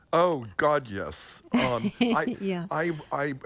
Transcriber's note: laughter